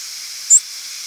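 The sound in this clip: Song sparrow giving one very high, thin, brief seet note against a steady hiss.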